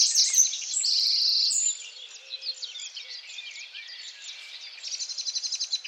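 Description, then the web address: Bird calls: a dense chorus of high twittering and chirping notes, with a long buzzy trill near the start and rapid repeated chips toward the end. "Deverinetal 2025 File origin Bird Only"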